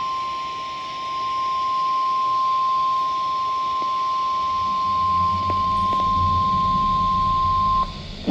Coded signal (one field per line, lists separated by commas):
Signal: Emergency Alert System (SAME) tones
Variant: 1050 Hz attention tone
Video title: CONVECTIVE CONVECTION.... EAS Alerts from 5/12/26 (New EAS 1,013-1,022)